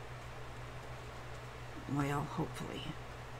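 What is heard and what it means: A heart-shaped craft snap gadget is handled as it is about to be pushed into its frame over fabric, against a steady low hum. Someone talks briefly near the end. Nothing has snapped into place yet.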